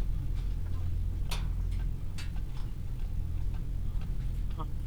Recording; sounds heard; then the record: poultry house recording; sick chickens (respiratory disease)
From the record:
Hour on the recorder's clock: 15